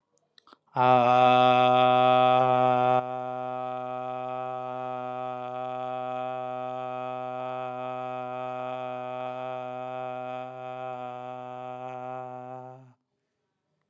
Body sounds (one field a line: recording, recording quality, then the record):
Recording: sustained vowel as in made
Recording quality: excellent, no background noise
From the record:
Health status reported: healthy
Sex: male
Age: 38 years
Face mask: not worn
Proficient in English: yes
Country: India